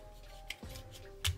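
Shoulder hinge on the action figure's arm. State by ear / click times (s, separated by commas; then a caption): seated / 0.5 s. A plastic shoulder hinge on the arm of a Transformers Rise of the Beasts Mainline Rhinox action figure is folded up until it clicks into place at 0.5 s, raising the shoulders. A short, sharp click stands out over a steady low background hum, followed by a louder burst of handling noise near 1.25 s. The hinge is seated.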